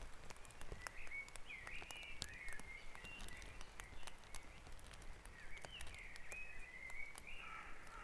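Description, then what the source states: Birds in a dawn chorus, whistled and warbled phrases repeated throughout over a low rumble with sharp ticks. Dawn chorus recorded on Back Dragon Avenue, Harrogate, as part of the Sound Map of Harrogate.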